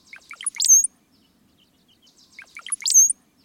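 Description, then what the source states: Brown-headed Cowbird song: liquid gurgling notes followed by a thin, high squeaky whistle, given twice just over two seconds apart. Song of an adult male; a young cowbird, probably at two years old, imprints on this song.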